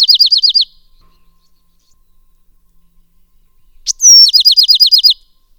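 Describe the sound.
Bewick's wren song: the tail of one trill, then after a silence a bright whistle leading into a quick series of several notes.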